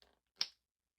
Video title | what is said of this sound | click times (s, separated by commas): UNBOXING Vasapo! From the HIT new toy line - Armies of Ashmore | Good snap. That's in there. | 0.4 s